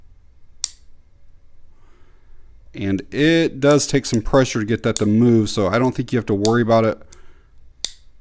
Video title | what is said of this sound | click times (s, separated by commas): Rocktol ST02 Budget EDC Multi-Tool | But if you can hear this, it snaps in place really well. | 0.6 s